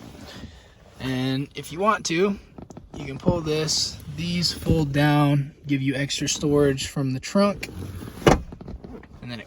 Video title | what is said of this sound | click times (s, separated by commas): 2017 Dodge Charger scatpack review | clicks back in | 8.3 s